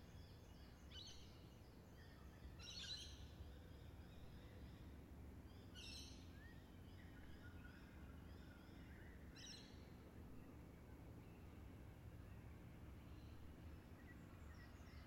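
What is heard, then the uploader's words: A dawn chorus of birds with scattered chirps and brief bright bursts near 1, 3, 6 and 9.5 seconds over a steady low rumble. Dawn chorus, Turramurra, September 2018. Dawn chorus of birds, recorded about 5.30am while jetlagged. Recorded on a Zoom h4n recorder, topped & tailed with a touch of EQ to remove hiss.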